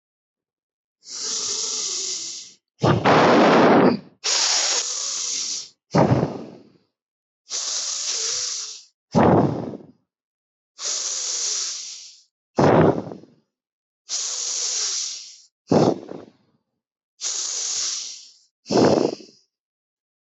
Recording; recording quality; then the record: deep breathing; excellent, no background noise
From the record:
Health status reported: healthy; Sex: female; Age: 36 years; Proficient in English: yes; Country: India